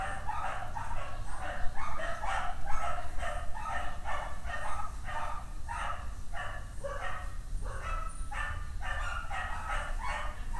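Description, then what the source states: Dogs barking in a rapid, continuous series of sharp barks, roughly one or more per second, over constant low background rumble. Dogs barking on the Escalera Morrison stairway in Valparaíso; recorded with a Tascam DR-100mk II.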